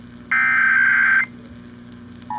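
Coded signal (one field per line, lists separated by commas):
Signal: Emergency Alert System (SAME) tones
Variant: header bursts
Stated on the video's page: National EAS test heard on a 1030 AM news radio station.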